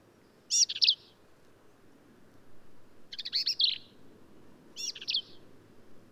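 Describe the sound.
Black-capped vireo repeating short, burry song phrases, three of them spaced about two seconds apart, with quiet in between.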